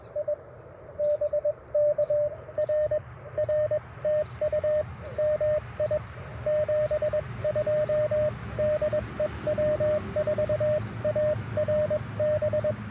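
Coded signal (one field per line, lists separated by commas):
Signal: Morse code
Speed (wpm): 21 wpm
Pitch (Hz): 610 Hz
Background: radio noise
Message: I BK R R TU MI 72 DE W4ARB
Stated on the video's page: QRP POTA activation in a national forest using a Mountain Topper MTR4B V2 with an Alex Loop magnetic loop antenna, battery and solar powered.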